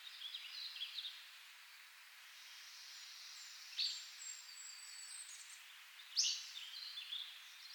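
Hammond's flycatcher song: two short, sharp, high notes a few seconds apart, with fainter high notes scattered around them.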